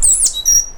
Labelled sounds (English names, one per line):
Stitchbird song